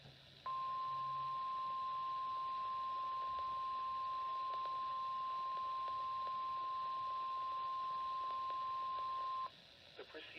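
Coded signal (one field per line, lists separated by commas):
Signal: Emergency Alert System (SAME) tones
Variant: 1050 Hz attention tone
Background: speech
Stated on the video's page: Weekly tests received on a Midland WR300 weather radio.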